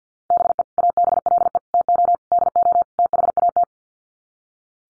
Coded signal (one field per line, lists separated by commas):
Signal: Morse code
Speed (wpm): 50 wpm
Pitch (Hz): 700 Hz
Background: none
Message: BE ABLE TO DO THAT